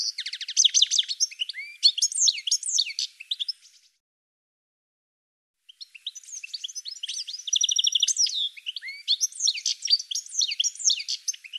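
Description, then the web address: Bird calling in rapid, varied bursts of high chirps, trills and buzzy notes for nearly four seconds, a silent pause of about two seconds, then a second dense run of chirping. "cianscape birddata Deverinetal 2025 File cleaned normalized Bird"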